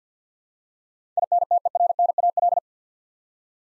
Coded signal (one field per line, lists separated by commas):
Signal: Morse code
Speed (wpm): 51 wpm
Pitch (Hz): 700 Hz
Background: none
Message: INTERNAL